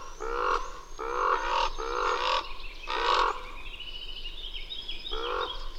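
Bird repeating harsh, nasal calls four times, then a pause filled with thin high whistled notes before one more rasping call.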